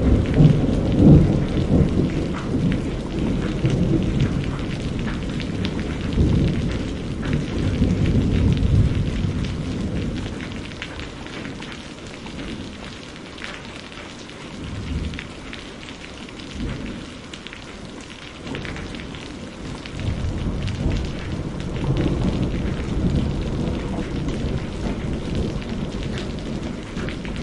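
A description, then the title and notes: Hard rain hisses steadily through a thunderstorm, with deep rumbling thunder swelling strongest early on, easing mid-clip, then rolling back near the end. Storm sounds, thunderstorm noise, hard rain.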